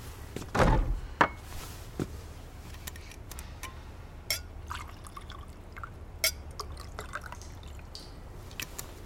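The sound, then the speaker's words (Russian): A heavy glassy knock opens as a bottle and glasses are brought in from another room, followed by scattered sharp clinks of the bottle against the glasses and a soft trickle of liquid being poured, with no one speaking. “Люда вышла в другую комнату и вернулась с бутылкой и стаканами.”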